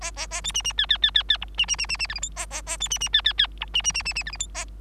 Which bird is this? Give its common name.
Bengalese Finch